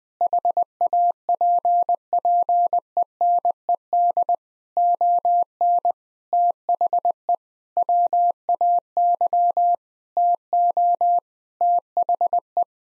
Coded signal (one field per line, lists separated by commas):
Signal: Morse code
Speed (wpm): 21 wpm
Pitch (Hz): 700 Hz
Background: none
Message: HAPPENED ON THE WAY TO THE